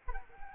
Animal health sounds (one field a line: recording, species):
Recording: mosquito wingbeat signal from an infrared sensor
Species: Aedes albopictus